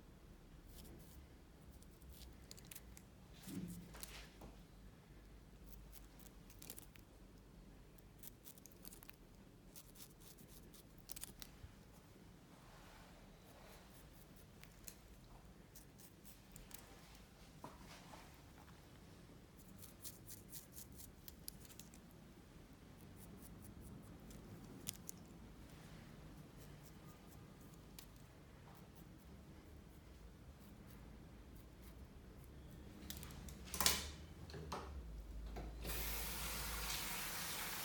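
Barbershop trimming with quick, irregular snips and clicks over a steady low hum, a sharp burst near 34 seconds, then a loud rushing hiss.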